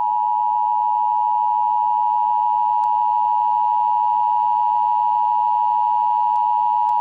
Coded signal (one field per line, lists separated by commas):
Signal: Emergency Alert System (SAME) tones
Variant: 853 and 960 Hz attention tone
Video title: Tornado Warning: Minnesota & North Dakota (8/6/13)